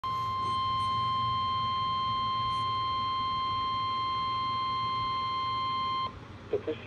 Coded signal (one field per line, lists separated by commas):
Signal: Emergency Alert System (SAME) tones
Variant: 1050 Hz attention tone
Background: speech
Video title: Required Weekly Test (EAS #1,589) 11/22/23